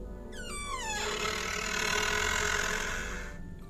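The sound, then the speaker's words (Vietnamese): A window creaks open on a quiet night with a long, high-pitched squeal that glides downward, then settles into a sustained grinding drone of hinges and frame before stopping abruptly. No one speaks. “Dứt lời, cánh cửa sổ bỗng dưng kêu lên cót ca cót két.”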